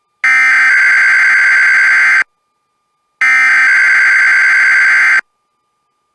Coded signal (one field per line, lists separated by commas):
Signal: Emergency Alert System (SAME) tones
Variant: header bursts